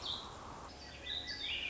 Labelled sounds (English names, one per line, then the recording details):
Warbling Vireo
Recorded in Sonoma County, California